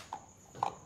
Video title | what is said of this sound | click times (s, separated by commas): KTM DUKE 200 : Basic Bike Maintenance Tamil - DIY - RevNitro | okay அவ்வளவுதான் lock ஆயிடுச்சு இப்ப வந்து நம்ம ஃபில்டர் கவர் போடணும் ம் இந்த | 0.1 s, 0.6 s